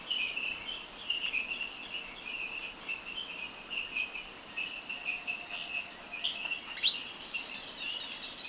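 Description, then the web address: Yellow-bellied chat-tyrant call: one high, thin whistle sweeping steeply upward then held briefly level, above a continuous buzzing insect chorus. Recorded in Ecuador. "Birds of Ecuador. Yellow-bellied Chat-Tyrant"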